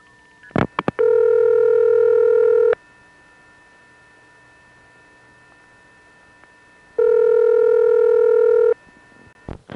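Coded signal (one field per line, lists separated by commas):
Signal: telephone call progress tone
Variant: North America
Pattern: ringback tone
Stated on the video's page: Telephone call progress tones from a No. 4 crossbar office in Queens, recorded in 1974 on local routings.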